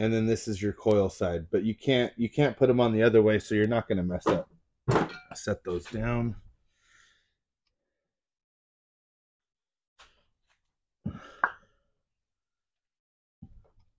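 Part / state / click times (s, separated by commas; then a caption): spark plug wire boot onto ignition coil terminal / not seated / none. Someone talks while handling rubber spark plug wires for an LQ4 6.0 engine in a K5 Blazer build, with the coil-side boot about to go onto the ignition coil terminal. After the talking stops, there are a few faint handling sounds, a brief clatter with a sharp tap near 11.4 seconds, and a soft knock near the end. Nothing has seated or clicked yet.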